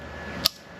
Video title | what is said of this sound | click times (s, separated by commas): 300 SERIES LANDCRUISER UPGRADES - Do it yourself throttle controller install - Torqit Pedal Torq | till you hear a click like that and then grab the original | 0.5 s